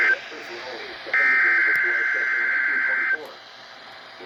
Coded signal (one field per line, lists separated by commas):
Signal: Emergency Alert System (SAME) tones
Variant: header bursts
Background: speech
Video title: Required Weekly Test on WXL50 and WXL58 from January 7, 2025 (EAS #161 - #162)